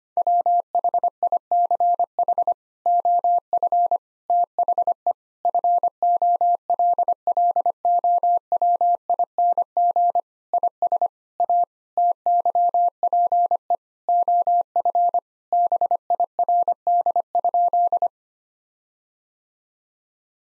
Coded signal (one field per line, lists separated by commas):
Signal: Morse code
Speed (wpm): 25 wpm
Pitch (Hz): 700 Hz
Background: none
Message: WHICH OF THE FOLLOWING IS A TYPE OF BIRD?